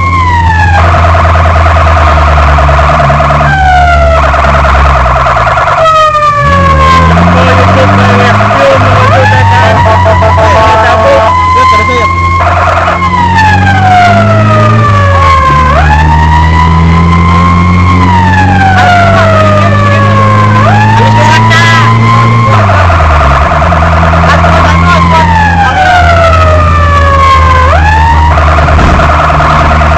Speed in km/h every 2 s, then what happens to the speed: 42, 37, 35, 28, 28, 25, 26, 32, 40, 50, 52, 60, 60, 61, 57.
0-5 slows to 28. 5-12 steady at about 26. 12-21 speeds up to 60. 21-30 steady at about 60.